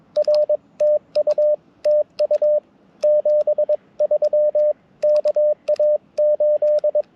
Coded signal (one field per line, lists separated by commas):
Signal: Morse code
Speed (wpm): 22 wpm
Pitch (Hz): 600 Hz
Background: radio noise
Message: RTU TU 73 KA8